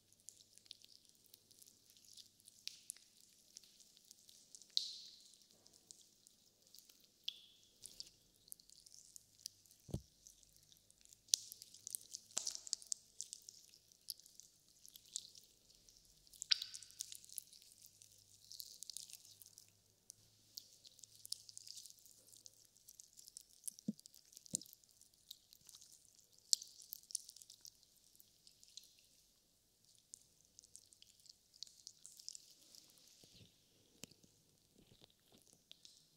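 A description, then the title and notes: Slime being squished and handled, giving a busy stream of wet clicks, pops and sticky crackles, mostly hissy and bright. Small squelches repeat irregularly throughout, with sharper pops near 10, 12, 17 and 27 seconds, over a faint low hum. ASMR SQUISH BINAURAL SOUNDS SLIME.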